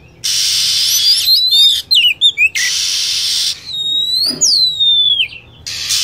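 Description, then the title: High lovebird calls: quick chirps then long descending whistled notes, set against loud bands of hiss that start and stop. Lure sound for attracting lovebirds. "PIKAT BURUNG LOVEBIRD"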